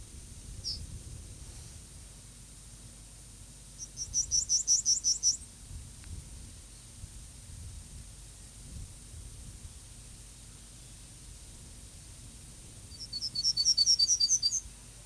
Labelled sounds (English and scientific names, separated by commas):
Yellowhammer (Emberiza citrinella) song